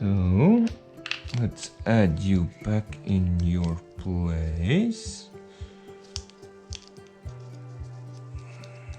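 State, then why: Seated. On a BMW K1200RS motorcycle, a heated grip wiring part is pushed back into its plastic housing while someone talks. Two sharp clicks are heard at 6.2 s and 6.8 s as the part seats in its housing.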